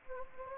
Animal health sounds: mosquito wingbeat signal from an infrared sensor; Anopheles gambiae

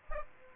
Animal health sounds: mosquito wingbeat signal from an infrared sensor; Aedes aegypti

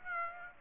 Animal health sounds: mosquito wingbeat signal from an infrared sensor; Aedes aegypti

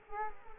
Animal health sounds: mosquito wingbeat signal from an infrared sensor; Culex quinquefasciatus

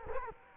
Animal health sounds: mosquito wingbeat signal from an infrared sensor; Culex quinquefasciatus

